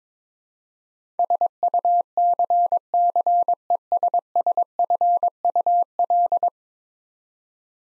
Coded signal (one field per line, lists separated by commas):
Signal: Morse code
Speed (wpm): 22 wpm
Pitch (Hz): 700 Hz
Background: none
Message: SUCCESSFUL